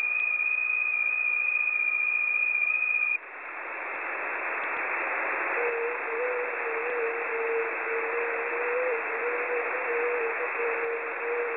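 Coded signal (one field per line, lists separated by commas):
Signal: FT8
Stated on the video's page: Received on 6 meters via sporadic E in the early morning.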